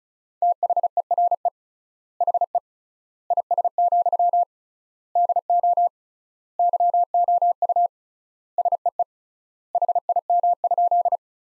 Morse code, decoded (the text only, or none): THERE HE IS, DO YOU SEE HIM?